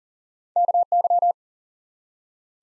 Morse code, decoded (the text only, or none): KY